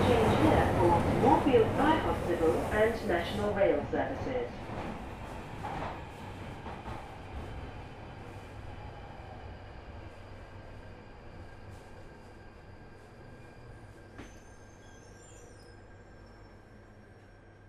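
An empty Underground train rattles and clatters loudly for the first few seconds, with dense rhythmic knocking, then steadily fades. A low rumble and a thin steady whine carry on as it recedes, with a brief squeak around fourteen seconds.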